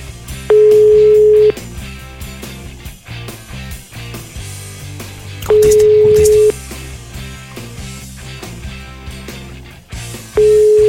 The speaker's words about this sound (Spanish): Voy a volver a marcar.